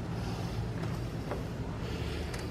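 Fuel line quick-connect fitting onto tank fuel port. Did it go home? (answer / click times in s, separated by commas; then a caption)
no / none. The second fuel line quick-connect fitting on a Lincoln Ranger 10000 is forced with difficulty onto the tank fuel port, over a steady low rumble with a faint brief tick near 1.3 seconds. The fitting has not clicked or seated; unlike the first connector, there is no click.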